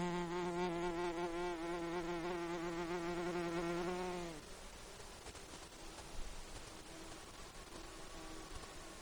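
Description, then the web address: Mosquito wing whine: a steady, low droning tone with rich overtones for about four seconds, which slides down and stops, leaving quiet background hiss. Recorded in Denali, Alaska, on 25 July 2012 at 15:19. "INSECTS DENAMCRI 20120725 151912 Mosquito"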